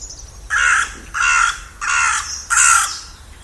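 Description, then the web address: Bird calls: four harsh, raspy caws, spaced roughly every two-thirds of a second. "cianscape. Deverinetal 2025. Bird Only"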